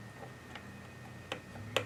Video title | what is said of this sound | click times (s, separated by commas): Keith's 1973 Minimoog Model D Restoration (Hardcore Edition) | There it goes. It locked in there, and there we go. | 1.3 s, 1.8 s